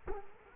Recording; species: mosquito wingbeat signal from an infrared sensor; Culex quinquefasciatus